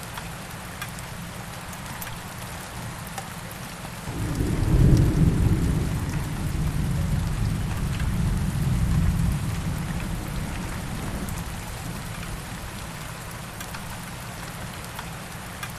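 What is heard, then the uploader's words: Steady rain patters densely throughout, with occasional brighter drops striking. Around four seconds a low rumble of thunder rolls in, swells for several seconds, and slowly fades by about eleven seconds, leaving the even hiss of rain. Thunderstorm with Rain.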